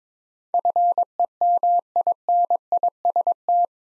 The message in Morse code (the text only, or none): FEMINIST